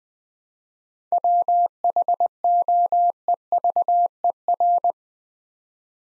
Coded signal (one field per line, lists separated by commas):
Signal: Morse code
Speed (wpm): 20 wpm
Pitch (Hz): 700 Hz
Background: none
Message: WHOEVER